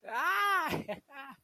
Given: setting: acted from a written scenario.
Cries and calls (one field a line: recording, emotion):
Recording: vocal sound without words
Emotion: triumph